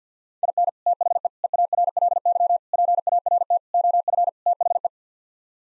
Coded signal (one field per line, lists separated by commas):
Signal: Morse code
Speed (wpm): 50 wpm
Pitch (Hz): 700 Hz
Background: none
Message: IN THE EARLY PART OF THE